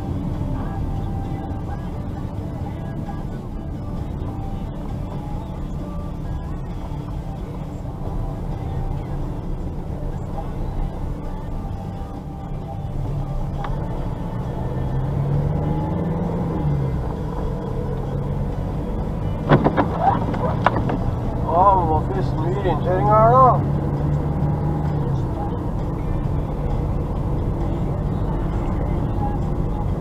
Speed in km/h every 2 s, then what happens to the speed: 28, 25, 20, 16, 16, 16, 14, 19, 23, 27, 32, 37, 39, 39, 40.
0-6 slows to 16. 6-12 steady at about 16. 12-23 speeds up to 39. 23-30 steady at about 39.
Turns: 3-13.